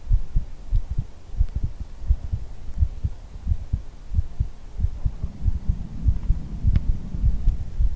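Soft, low thudding heartbeat at roughly 100 beats a minute, heard close up as if the listener's head were being hugged against the chest in ASMR style, muffled under a steady low hum.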